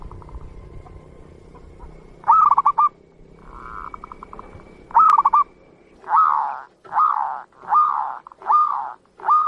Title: Perkutut Mana Yang Nggak Ikut Manggung Dengar Suara Perkutut Masteran Ini